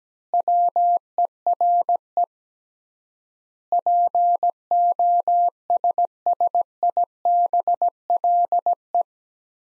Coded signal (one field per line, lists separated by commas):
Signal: Morse code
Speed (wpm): 17 wpm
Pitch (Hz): 700 Hz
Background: none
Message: WERE POSSIBLE